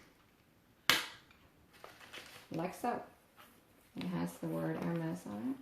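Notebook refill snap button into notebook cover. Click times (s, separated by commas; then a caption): 0.9 s. The plastic strip with a snap button on a Hermès Ulysse PM plain paper notebook refill is pressed into the leather notebook cover, giving one sharp snap at 0.9 s, followed by a couple of faint ticks. The snap button closes and the refill is seated in the cover. Afterward, someone talks.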